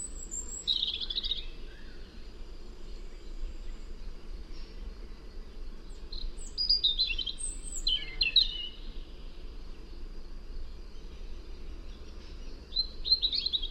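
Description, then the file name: European robin song in short, high, thin warbling phrases, spaced a few seconds apart, over a steady low rumble of background noise. "Erithacus rubecula"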